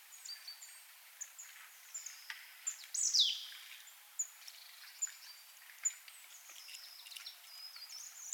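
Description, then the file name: Marsh tit with scattered high whistled notes and one strong downward-swept call midway, plus brief chips at irregular intervals over light background noise. "Poecile palustris"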